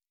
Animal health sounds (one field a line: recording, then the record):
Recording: hydrophone in a shrimp aquaculture tank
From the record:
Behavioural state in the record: normal